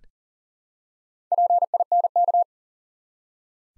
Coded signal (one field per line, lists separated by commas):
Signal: Morse code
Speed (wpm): 40 wpm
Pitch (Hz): 700 Hz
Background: none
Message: PINK